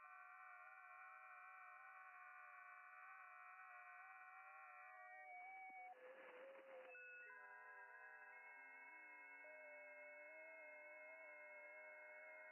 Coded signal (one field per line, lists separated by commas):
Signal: FT8